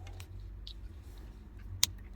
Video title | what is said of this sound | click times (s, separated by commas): Installing Remote Start on 2015 Honda Pilot from 12VoltSolutions | And then you'll hear it click in. | 1.8 s